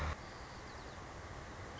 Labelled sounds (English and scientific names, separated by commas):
Song Sparrow (Melospiza melodia)